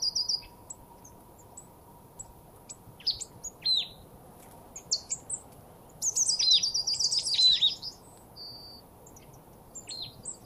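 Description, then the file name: Marsh tit calls: scattered sharp high chirps, then a rapid buzzy chattering run, over steady low background noise. "Poecile palustris"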